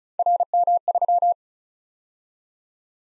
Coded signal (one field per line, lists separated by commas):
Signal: Morse code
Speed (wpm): 36 wpm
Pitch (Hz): 700 Hz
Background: none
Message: RM3